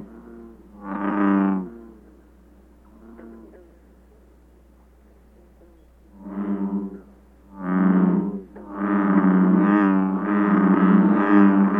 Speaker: Our second example is a group of bullfrogs. Here a group of males all seem to sing at once.